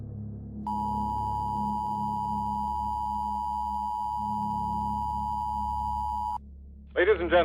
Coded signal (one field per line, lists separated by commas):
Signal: Emergency Alert System (SAME) tones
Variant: 853 and 960 Hz attention tone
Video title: POINT OF VIEW -- DTN S14E04 #noai #audiobook #audiodrama #radiotheater #hgwells